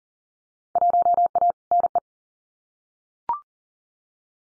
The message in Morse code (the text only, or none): 1A NE